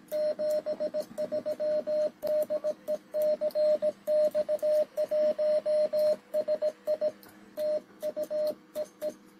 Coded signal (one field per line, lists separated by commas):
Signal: Morse code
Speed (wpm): 18 wpm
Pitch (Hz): 610 Hz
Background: radio noise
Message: 73 DE CX1SI TU EE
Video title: CX1SI-Recibo y prueba de QRP SDR HF 8 Bandas CW-SSB-USB -Octubre 2022